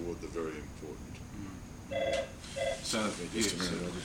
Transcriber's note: phone rings